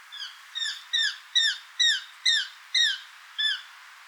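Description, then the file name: Eurasian jay calling, a series of several brief falling tonal notes at about two per second, no other sounds. "Garrulus glandarius"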